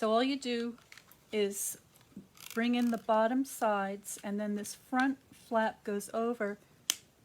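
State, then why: Seated. Someone talks while folding in the bottom sides of a handmade cardstock gift box and bringing the front flap over onto its snap closure. A sharp snap at 6.9 seconds marks the flap locking into place, holding the box shut.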